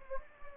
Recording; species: mosquito wingbeat signal from an infrared sensor; Anopheles gambiae